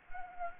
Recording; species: mosquito wingbeat signal from an infrared sensor; Anopheles gambiae